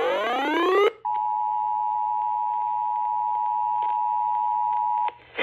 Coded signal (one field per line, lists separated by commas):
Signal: Emergency Alert System (SAME) tones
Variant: 853 and 960 Hz attention tone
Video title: HELENE MAKES HISTORY.. EAS Alerts from 9/26/24 to 9/27/24 (EAS #979-#1,010)